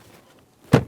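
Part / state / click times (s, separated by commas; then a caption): blower motor assembly into HVAC housing / not seated / none. A plastic HVAC blower motor assembly for a 2010-2013 Kia Forte Koup is handled at the HVAC housing while its side locking tabs are worked in. After a quiet stretch, a single dull thunk sounds at about 0.7 s and fades quickly. Nothing has seated or clicked yet.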